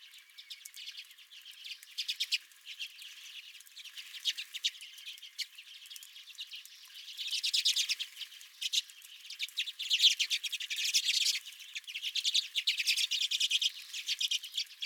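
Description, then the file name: Redpolls chattering continuously, a dense wash of quick high chips with several louder surges of calling. Several redpolls at a home feeder. "Redpolls at My Feeder"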